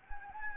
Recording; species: mosquito wingbeat signal from an infrared sensor; Anopheles gambiae